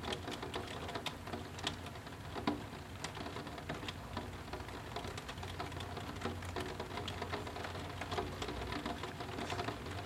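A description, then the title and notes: Rain beats steadily on a skylight, a dense patter of sharp, irregular drops across the whole ten seconds. A low, continuous rumble of thunder and wind sits underneath, with brighter taps standing out every second or so. I pointed the recorder at a skylight in our attic and let it run for a little bit. Recorder: Zoom H6 Mic: XYH-6 X/Y Capsule 120 Degrees.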